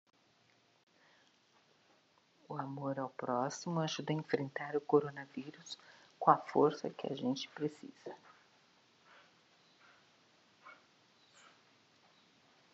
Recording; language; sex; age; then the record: spoken sentence; Brazilian Portuguese; female; 50 to 59 years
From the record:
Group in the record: control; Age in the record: 56 years